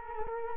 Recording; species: mosquito wingbeat signal from an infrared sensor; Culex quinquefasciatus